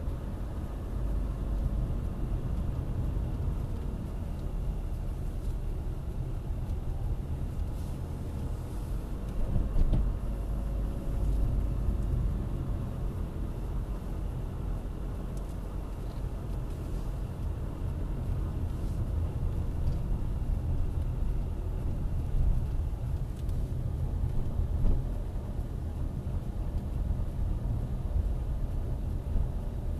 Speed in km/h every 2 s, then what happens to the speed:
23, 22, 18, 20, 20, 24, 21, 19, 20, 20, 18, 16, 19, 20, 18.
4-9 speeds up to 24. 21-30 steady at about 18.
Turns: 2-5.